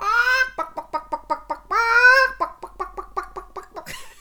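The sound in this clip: Chicken calls: two drawn-out, harsh squawks, each followed by a quick run of short, evenly spaced clucks.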